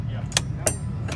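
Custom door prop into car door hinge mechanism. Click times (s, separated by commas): 0.4 s, 0.7 s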